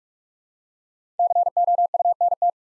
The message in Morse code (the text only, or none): COUNT